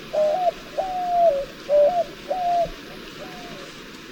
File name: zenaida asiatica